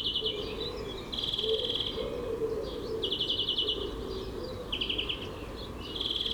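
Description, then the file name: European greenfinch delivering a run of rapid trills, one after another with brief twitters between, against faint low background sound. "Chloris chloris"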